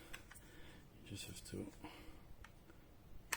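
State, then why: Seated. A 2.5-inch hard drive is pushed into the SATA connector of an external USB enclosure while someone talks, with a few small taps along the way. It clicks into place at 3.3 seconds, seated.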